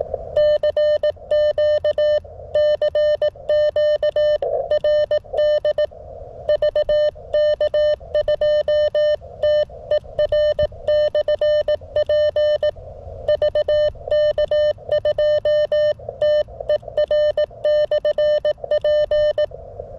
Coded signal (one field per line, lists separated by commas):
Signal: Morse code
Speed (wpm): 18 wpm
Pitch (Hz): 600 Hz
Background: none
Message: CQ CQ RD VK2TER/P VK2TER/P